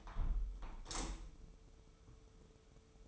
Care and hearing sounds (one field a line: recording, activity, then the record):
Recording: daily activity, microphone in the room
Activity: close window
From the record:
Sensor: 1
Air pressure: 995.8 hPa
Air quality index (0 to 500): 52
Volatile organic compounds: 2 ppm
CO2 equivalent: 985 ppm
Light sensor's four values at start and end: 30/103/40/41 and 30/103/40/41